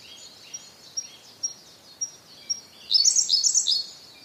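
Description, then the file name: Siberian blue robin song: thin high ticks about every half second, then a loud, fast, high trill lasting about a second, over a background chorus of other birds. "koruri"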